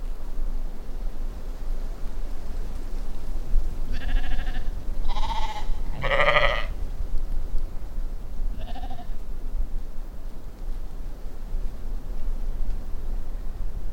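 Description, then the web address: Sheep bleating in a quick run of three quavering bleats, then a shorter one, above continuous low rumbling noise. "Scott Sherk Phonography Compendium 1 Scott Sherk - Sheep"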